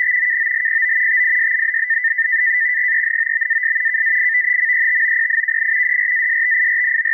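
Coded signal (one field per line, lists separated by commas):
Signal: NAVTEX (SITOR-B)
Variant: 100 baud SITOR-B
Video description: Several warnings reported: Gunnery exercises and Aircraft firing exercises. 4209.5 kHz RTTY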